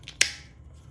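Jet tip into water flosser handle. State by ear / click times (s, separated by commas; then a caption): seated / 0.2 s. After pressing the release button, the plastic jet tip of a COSLUS E2 water flosser is pushed back into the handle. A faint tick at 0.1 s is followed by a sharp, bright click at 0.2 s that fades quickly. The tip is seated in the handle again.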